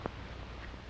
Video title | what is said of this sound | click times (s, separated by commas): MEET THE ENEMY (germans) WWII Film | it will snap into place | 0.1 s